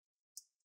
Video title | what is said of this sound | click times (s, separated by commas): How to Replace the Battery for Acer Aspire 3 A315-41-R7WT Laptop - Step by Step | make sure it's sitting down just push it down you want to hit those big click sounds once | 0.4 s